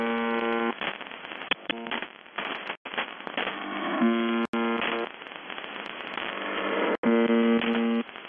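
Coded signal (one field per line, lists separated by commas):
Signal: channel marker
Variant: UVB-76, The Buzzer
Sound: harsh low buzzing bursts broken by crackly noisy stretches and brief dropouts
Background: radio static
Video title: The Buzzer/UVB-76(4625Khz) May 24, 2021 Voice messages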